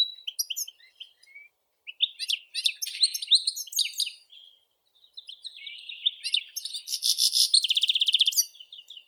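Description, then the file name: European goldfinch song, a jumble of lively twitters and chirps with brief pauses, building into a buzzy, rattling trill near the end. "Golosa ptic - CSHegol Carduelis carduelis"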